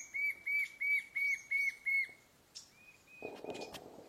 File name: Canto do papa taoca do sul